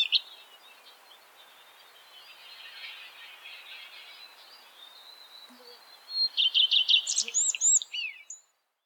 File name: Golosa ptic i zverei - Gorihvostka